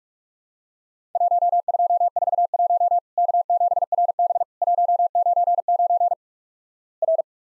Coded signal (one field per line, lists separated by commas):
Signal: Morse code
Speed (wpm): 46 wpm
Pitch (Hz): 700 Hz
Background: none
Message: 1241 K7RB 199 R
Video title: Worked All Europe DX Contest QTC Exchange 45wpm